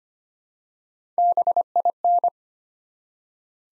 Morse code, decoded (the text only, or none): BIN